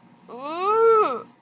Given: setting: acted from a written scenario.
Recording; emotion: vocal sound without words; embarrassment